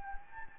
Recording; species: mosquito wingbeat signal from an infrared sensor; Anopheles gambiae